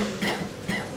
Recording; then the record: coughing mixed with background sound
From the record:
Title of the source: Man Coughing Sound - Wet Cough Sound Effect